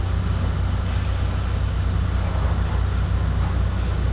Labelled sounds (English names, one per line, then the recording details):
none
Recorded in pastures near Puerto Asís, Putumayo, Colombia, on 20 December 2024 at 10:30
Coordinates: 0.466, -76.322
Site G040